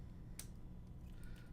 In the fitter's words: so that's not seated